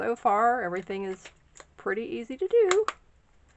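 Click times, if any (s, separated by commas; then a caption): none. A plastic battery compartment cover is being handled on a Fujifilm Instax Mini 11 instant camera after the batteries have been loaded in the right direction. Someone talks throughout, with faint handling noise in the pauses. Nothing has seated or clicked yet, since the cover has not gone home.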